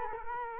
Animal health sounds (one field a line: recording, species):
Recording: mosquito wingbeat signal from an infrared sensor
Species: Culex quinquefasciatus